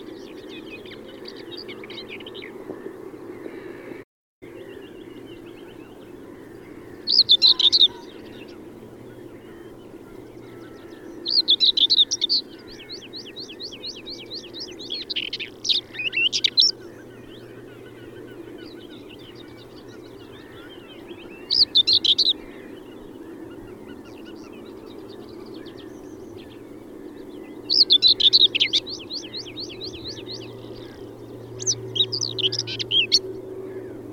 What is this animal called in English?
Common Whitethroat